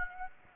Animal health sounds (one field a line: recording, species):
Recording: mosquito wingbeat signal from an infrared sensor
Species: Aedes aegypti